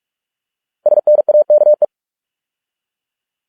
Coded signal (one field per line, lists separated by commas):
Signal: Morse code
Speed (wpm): 46 wpm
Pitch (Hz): 600 Hz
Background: none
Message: SNAKE